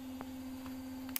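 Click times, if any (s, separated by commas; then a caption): none. A plastic cover with previously used, damaged clips is pressed by hand onto the ECU/IAC valve housing of a 2009 Honda SH 125 motorcycle throttle body, but it fails to close or latch because the clips were damaged earlier. Short plastic ticks and taps sound over a steady hum, with the sharpest tick near the end, and nothing has seated or clicked yet.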